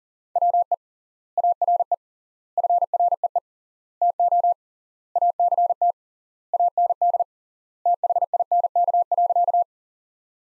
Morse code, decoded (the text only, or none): WE ARE FREE TO ACT AND THINK.